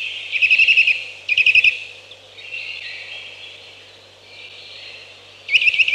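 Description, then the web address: Eurasian nuthatch song: short bursts of rapid, evenly repeated piping notes, three phrases separated by pauses with quieter background birdsong. "Przyroda Ptaki Kowalik"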